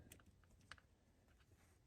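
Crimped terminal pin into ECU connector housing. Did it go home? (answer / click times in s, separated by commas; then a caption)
no / none. A crimped terminal pin is being handled and pushed toward a cavity in the plastic housing of an ECU connector. Only a few light, brief handling ticks and faint rustling are heard over a quiet background. Nothing has seated or clicked yet.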